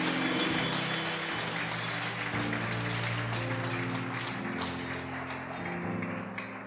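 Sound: audience applause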